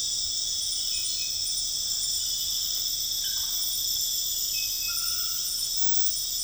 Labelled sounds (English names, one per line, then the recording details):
none
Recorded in dense forest near Puerto Asís, Putumayo, Colombia, on 9 March 2025 at 01:00
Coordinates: 0.484, -76.325
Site G045